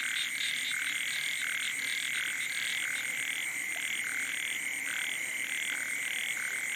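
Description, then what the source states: Frogs and toads croaking, many repeated blocky notes with a continuous ringing high tone throughout. Wild night chorus on the shore of Boeng Thum lake, Cambodia, around 23:00 on 12 December 2018, as human noise fades.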